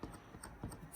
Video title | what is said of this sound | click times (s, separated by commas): DENT 3027 Project #1 Opaque Strengthener /Connecting Male Processing Caps | insert it on top. You can almost hear the snap | 0.4 s